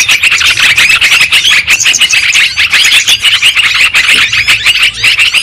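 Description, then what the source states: Lovebirds giving shrill, squeaky chatter, many birds calling at once in a steady, busy stream of high twittering notes. Lure sound played to attract lovebirds for trapping.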